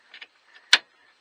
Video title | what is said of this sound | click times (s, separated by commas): Renault Megane 4 RS Trophy Fuel Filter replacement | Same. Make sure you hear the click. | 0.7 s